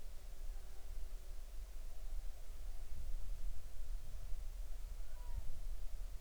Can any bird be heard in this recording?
yes